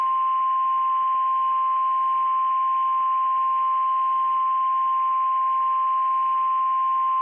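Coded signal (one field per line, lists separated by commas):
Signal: Emergency Alert System (SAME) tones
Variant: 1050 Hz attention tone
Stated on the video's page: Areal flood warning received on a weather radio station.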